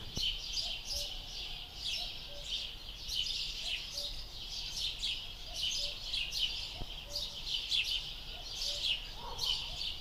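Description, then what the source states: Common Cuckoo giving faint, low two-note calls at a steady pace, while many small birds chirp and twitter loudly above. Heard through an opened window as a bit of nature atmosphere; cuckoo calling 'cuckoo'.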